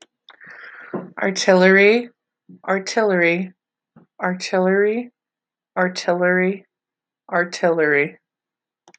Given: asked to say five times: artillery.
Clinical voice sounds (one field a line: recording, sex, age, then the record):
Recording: repeated word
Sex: female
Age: 20 to 29 years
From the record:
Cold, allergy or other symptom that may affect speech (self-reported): no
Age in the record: 27 years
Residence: United States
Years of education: 12